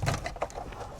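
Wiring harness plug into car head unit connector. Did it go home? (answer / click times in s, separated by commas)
no / none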